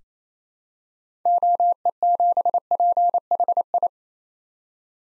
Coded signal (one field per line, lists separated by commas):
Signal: Morse code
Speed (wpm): 28 wpm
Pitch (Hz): 700 Hz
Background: none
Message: OE7PHI